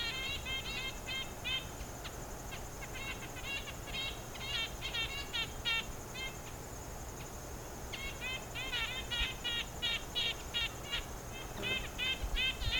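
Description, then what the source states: Red-breasted nuthatch calls: nasal, tooting notes repeated rapidly in irregular bursts, over steady hiss and a thin high whine. Several birds.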